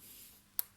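A steel circlip is pushed into its groove on the gearbox shaft of a Triumph Trident T150V motorcycle. Against a low background hiss, a single sharp tick sounds at 0.6 s as the circlip snaps into the groove and is seated.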